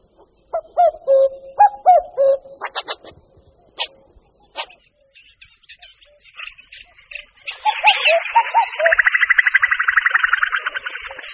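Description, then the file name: Common cuckoo gives several two-note cuckoo calls, then another bird's loud rapid buzzy trill takes over. "Kukačka-obecná"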